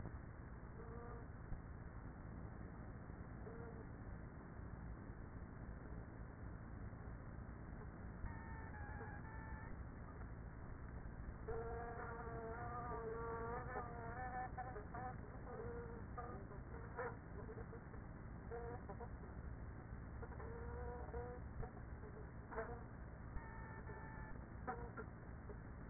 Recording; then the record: honeybee colony, microphone inside the hive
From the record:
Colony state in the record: queenless with a low population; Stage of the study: after two queens were removed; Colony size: about 30,000 bees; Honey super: no